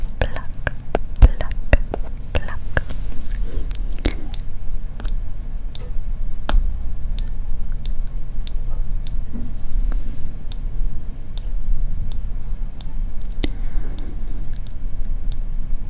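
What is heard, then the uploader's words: Wooden makeup toys clicking and tapping. Sharp clicks come in quick clusters over the first few seconds, then settle into spaced taps about every half second, with a soft low rumble and faint rustling beneath. ASMR WOODEN MAKEUP.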